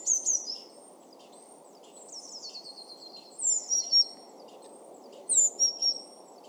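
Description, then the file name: Eurasian blue tit calling with sharp high slurred notes and a longer buzzy, falling churr, repeated in short bursts against constant low background noise. "Cyanistes caeruleus"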